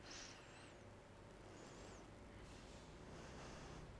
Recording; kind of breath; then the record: one breath in and out by a microphone near the nose and mouth; normal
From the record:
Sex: female